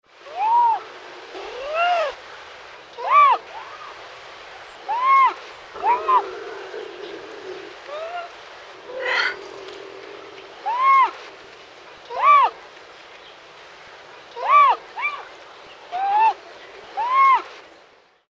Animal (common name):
Bobcat